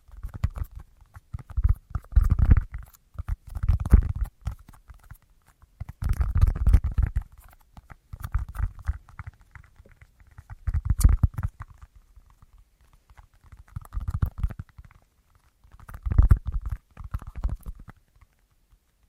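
Tapping sounds come in short bursts, each a quick flurry of soft, dull taps with a low, thumping body and a faint click on top. Clusters recur every second or two across the clip, separated by brief silences, with one sharper click near eleven seconds.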